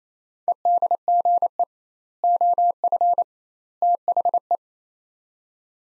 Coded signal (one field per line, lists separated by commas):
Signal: Morse code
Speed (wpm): 28 wpm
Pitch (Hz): 700 Hz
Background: none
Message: EDGE OF THE